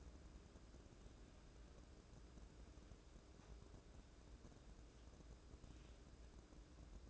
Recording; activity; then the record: daily activity, microphone in the room; wipe stove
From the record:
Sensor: 2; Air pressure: 1012.2 hPa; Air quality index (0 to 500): 159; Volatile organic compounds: 2 ppm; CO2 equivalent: 1160 ppm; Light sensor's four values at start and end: 419/1115/415/448 and 421/1122/417/450